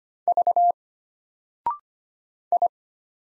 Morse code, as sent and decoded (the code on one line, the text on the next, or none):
...- / ..
V I